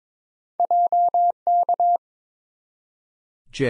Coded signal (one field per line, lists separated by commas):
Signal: Morse code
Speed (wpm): 21 wpm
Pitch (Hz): 700 Hz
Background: none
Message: JK